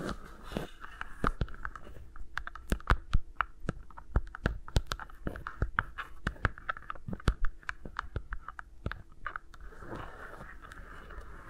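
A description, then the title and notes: Fingers move with mics around them, making a steady run of sharp taps and clicks, several each second, between soft rubbing and brushing. A faint low hum sits underneath from about two to ten seconds, and the tapping grows sparser near the end. ASMR with Mics Around My Fingers (No Talking).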